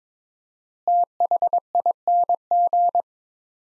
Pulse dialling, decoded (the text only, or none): none